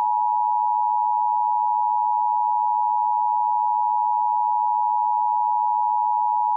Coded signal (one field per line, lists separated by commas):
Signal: Emergency Alert System (SAME) tones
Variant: 853 and 960 Hz attention tone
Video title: [2] RetroTech San Antonio Test Card, Black & White Monochrome, 4:3 Aspect Ratio 1.33:1, EBS EAS SAME